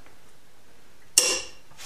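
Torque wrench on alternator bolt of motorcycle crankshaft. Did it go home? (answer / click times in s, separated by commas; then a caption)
yes / 1.2 s. A split beam torque wrench tightens the alternator rotor bolt on the crankshaft of a 1973 Honda CB750 to 72 ft-lb, with the motor wedged against the bench by a big screwdriver so it can't turn. After quiet, the wrench gives a single sharp, bright metallic click at 1.2 s that rings briefly and fades. The bolt reaches its torque setting and is good.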